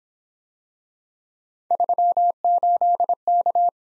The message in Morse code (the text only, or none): 38K